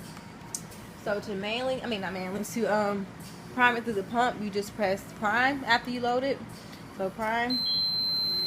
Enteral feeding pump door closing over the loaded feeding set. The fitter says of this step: the snaps in place you want to make sure you close the door all the way because of the pump won't work if you don't so